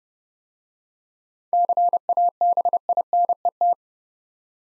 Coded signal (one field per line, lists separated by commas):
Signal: Morse code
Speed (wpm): 30 wpm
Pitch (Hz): 700 Hz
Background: none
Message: CABINET